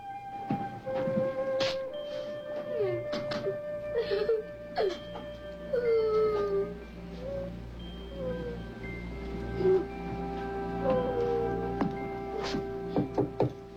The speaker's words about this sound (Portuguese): Oi! O que foi? Por que está chorando?